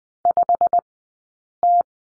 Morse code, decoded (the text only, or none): 5T